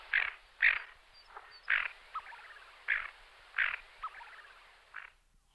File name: moretta grigia